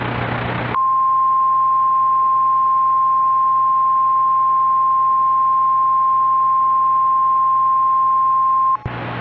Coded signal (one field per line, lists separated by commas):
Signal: Emergency Alert System (SAME) tones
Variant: 1050 Hz attention tone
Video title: EAS - Iowa's Big One